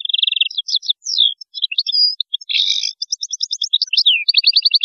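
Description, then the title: European goldfinch song: a continuous fast, liquid twittering with buzzy trills and sweeping notes, high-pitched and lively throughout. "Chant Chardonneret"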